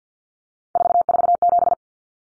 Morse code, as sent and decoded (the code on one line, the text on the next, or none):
....- ....- --...
447